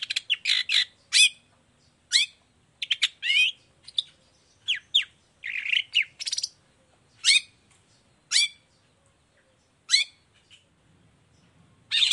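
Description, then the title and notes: Long-tailed shrike singing a varied, chattering song of sharp chirps, squeaky whistles and raspy bursts in irregular clusters with short pauses. Morning; vigorous 'gacor' singing with a clear voice, full variation and 'toet toet' notes, said to be very easy for any kind of cendet to imitate. "Cendet Gacor Dor Di Kala Pagi Toet Toet Variasi Suara. Cendet Gacor Suara Jernih Full Variasi. Burung cendet"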